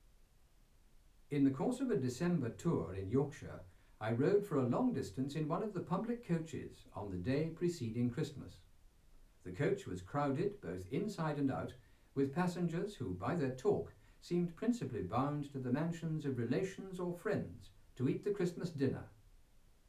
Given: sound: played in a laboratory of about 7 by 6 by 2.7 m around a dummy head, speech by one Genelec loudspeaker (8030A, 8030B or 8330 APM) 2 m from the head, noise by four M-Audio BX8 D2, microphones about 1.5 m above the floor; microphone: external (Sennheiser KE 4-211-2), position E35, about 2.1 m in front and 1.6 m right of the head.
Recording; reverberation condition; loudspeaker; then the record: male speech in English; low; behind (180 degrees)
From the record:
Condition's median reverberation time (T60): about 310 ms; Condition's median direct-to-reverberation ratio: about 3.5 dB